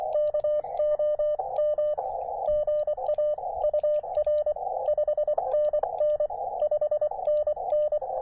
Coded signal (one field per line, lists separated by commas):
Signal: Morse code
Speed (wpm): 24 wpm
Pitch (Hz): 600 Hz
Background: radio noise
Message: KOM GA UR 5NN 5NN